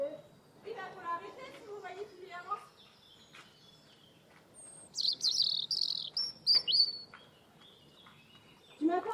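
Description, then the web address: European robin song: high, thin, varied warbling phrases after lower repeated harmonic notes from another bird that open the passage. "cianscape birddata Deverinetal Bird Only Er Ru"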